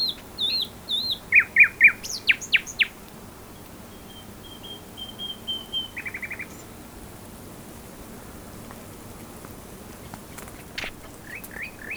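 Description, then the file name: Common nightingale song: a loud opening of repeated sharp notes and a quick trill, followed by a long near-quiet stretch with a few soft notes. "Luscinia megarhynchos"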